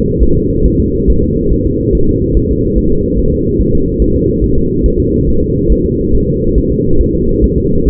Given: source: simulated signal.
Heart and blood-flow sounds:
fetal heart sounds
0.23 s: S1
0.36 s: S2
0.66 s: S1
0.80 s: S2
1.10 s: S1
1.23 s: S2
1.52 s: S1
1.66 s: S2
1.95 s: S1
2.09 s: S2
2.37 s: S1
2.51 s: S2
2.78 s: S1
2.92 s: S2
3.19 s: S1
3.33 s: S2
3.61 s: S1
3.75 s: S2
4.02 s: S1
4.16 s: S2
4.44 s: S1
4.58 s: S2
4.86 s: S1
5.00 s: S2
5.29 s: S1
5.43 s: S2
5.72 s: S1
5.86 s: S2
6.15 s: S1
6.29 s: S2
6.58 s: S1
6.72 s: S2
7.01 s: S1
7.15 s: S2
7.44 s: S1
7.58 s: S2
7.88 s: S1
From the record:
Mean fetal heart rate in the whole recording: 140 bpm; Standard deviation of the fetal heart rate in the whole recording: 2 bpm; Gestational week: 34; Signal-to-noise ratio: -16.4 dB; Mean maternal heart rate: 72 bpm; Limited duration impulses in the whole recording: present

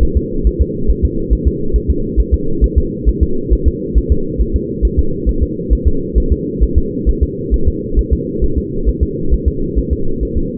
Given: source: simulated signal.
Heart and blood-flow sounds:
fetal heart sounds
0.03 s: S1
0.17 s: S2
0.47 s: S1
0.61 s: S2
0.91 s: S1
1.05 s: S2
1.33 s: S1
1.47 s: S2
1.76 s: S1
1.90 s: S2
2.20 s: S1
2.34 s: S2
2.64 s: S1
2.78 s: S2
3.09 s: S1
3.23 s: S2
3.53 s: S1
3.68 s: S2
3.98 s: S1
4.12 s: S2
4.41 s: S1
4.56 s: S2
4.85 s: S1
4.99 s: S2
5.29 s: S1
5.43 s: S2
5.73 s: S1
5.87 s: S2
6.18 s: S1
6.32 s: S2
6.64 s: S1
6.78 s: S2
7.09 s: S1
7.23 s: S2
7.54 s: S1
7.68 s: S2
7.99 s: S1
8.13 s: S2
8.44 s: S1
8.58 s: S2
8.89 s: S1
9.03 s: S2
9.34 s: S1
9.48 s: S2
9.79 s: S1
9.93 s: S2
10.23 s: S1
10.37 s: S2
From the record:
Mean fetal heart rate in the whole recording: 135 bpm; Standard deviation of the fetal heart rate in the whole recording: 3 bpm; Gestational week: 34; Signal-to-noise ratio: -8.1 dB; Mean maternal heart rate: 72 bpm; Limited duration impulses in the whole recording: absent

